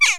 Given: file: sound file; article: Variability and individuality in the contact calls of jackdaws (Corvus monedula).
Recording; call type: jackdaw call; harmonic